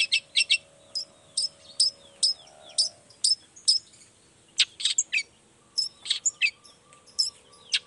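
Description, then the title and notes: Long-tailed shrike song: a fast series of sharp, high chirps and harsh buzzy notes, some in quick doublets, with a faint low hum underneath. Vigorous ('gacor') morning singing with 'toet toet' sound variations; presented as making any other shrike immediately answer ('nyaut') and open up its repertoire ('buka materi'). "Langsung NYAUTTTTT ! Cendet Gacor Dor Di Kala Pagi Toet Toet Variasi Suara J. Nyaut Seketika.! Cendet Gacor Pagi Hari Biangnya Bikin Cendet Manapun Langsung On Nyaut Buka Materi. Burung cendet"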